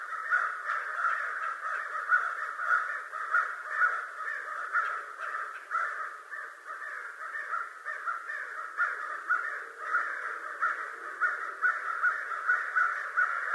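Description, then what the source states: American crow calls, rough caws crowding together in a steady, unbroken stream that rises and falls slightly in loudness throughout. Recorded 25 November 2011.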